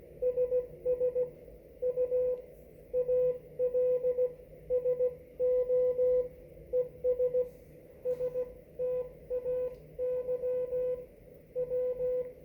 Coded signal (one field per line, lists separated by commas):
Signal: Morse code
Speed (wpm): 16 wpm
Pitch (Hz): 500 Hz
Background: none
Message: SS U ALSO ES STAY W